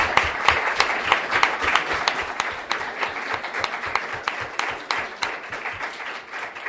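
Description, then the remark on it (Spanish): An audience applauds steadily, a dense patter of many hands clapping at once, with sharper individual claps standing out throughout and no pause in the sound. “Primero que nada, quisiera pedirles un aplauso”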